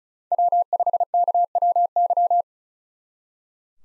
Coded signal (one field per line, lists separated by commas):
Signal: Morse code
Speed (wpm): 46 wpm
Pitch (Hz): 700 Hz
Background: none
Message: W5KWY